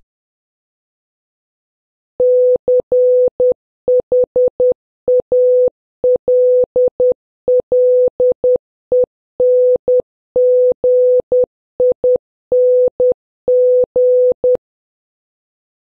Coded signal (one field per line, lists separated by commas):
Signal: Morse code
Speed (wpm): 10 wpm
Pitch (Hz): 500 Hz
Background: none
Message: CHALLENGING